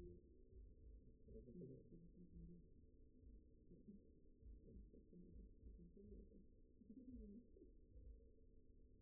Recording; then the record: forearm muscle sounds (acoustic myography)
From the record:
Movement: finger pinch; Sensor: system 2, bracelet of six BSWA MPA416 microphones around the upper forearm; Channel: 6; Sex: male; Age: 22 years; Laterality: right